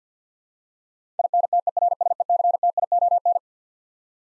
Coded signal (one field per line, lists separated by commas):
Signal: Morse code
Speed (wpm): 50 wpm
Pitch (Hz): 700 Hz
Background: none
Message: INTERSECTION